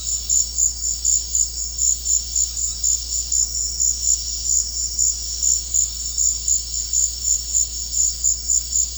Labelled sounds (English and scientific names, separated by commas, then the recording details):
none
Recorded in secondary vegetation near Puerto Asís, Putumayo, Colombia, on 13 March 2025 at 16:30
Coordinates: 0.484, -76.319
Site G010